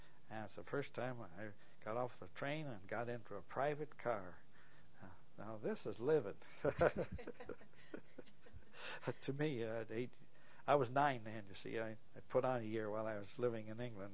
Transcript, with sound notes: that's the first time I got off the train and got into a private car. Now this is livin'. (laughs) To be uh, eight. I was nine then you see, I had put on a year while I was living in England